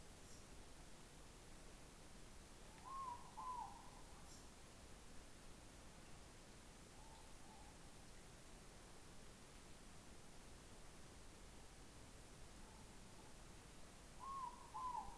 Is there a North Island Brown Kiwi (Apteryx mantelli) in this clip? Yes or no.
no